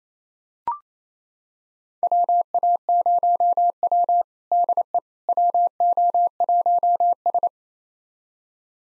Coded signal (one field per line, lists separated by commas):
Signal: Morse code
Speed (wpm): 27 wpm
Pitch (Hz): 700 Hz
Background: none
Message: WA0W DE WO1S